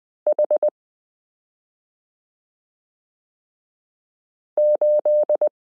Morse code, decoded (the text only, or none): H8